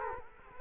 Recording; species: mosquito wingbeat signal from an infrared sensor; Culex quinquefasciatus